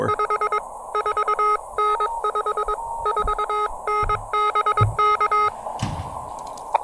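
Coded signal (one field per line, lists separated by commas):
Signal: Morse code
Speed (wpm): 22 wpm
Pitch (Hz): 1260 Hz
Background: none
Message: 54N 54N BK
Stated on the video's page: QRP CW POTA park activation with an Elecraft KX2, Bamatech TP-III paddles, Packtenna Mini EFHW antenna and Elecraft AX1.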